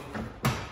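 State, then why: Released. With the bolts already removed, a plastic trim panel on a Tesla Model 3 is pried away at the sides, and one of its retaining clips pops out of the car body with a sharp pop at 0.5 s. Faint handling noise comes before it, and the clip releases.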